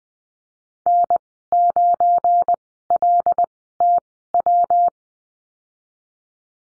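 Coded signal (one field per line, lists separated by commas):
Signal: Morse code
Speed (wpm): 20 wpm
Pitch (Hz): 700 Hz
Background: none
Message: N9LTW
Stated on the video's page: Morse course lesson on the slash in call signs, Farnsworth speed 20/10 wpm.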